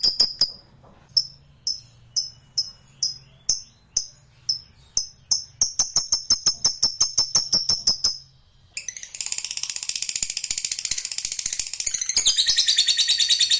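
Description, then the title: Lovebird calls: repeated short high chirps with sharp clicks, then after a brief pause a sudden burst of dense, chattering song. Lovebird song used as trigger audio to get a lovebird that is reluctant to sing excited, so it starts singing spontaneously. "LOVEBIRD Malas Bunyi JADI GREGET SPONTAN Langsung NARIK"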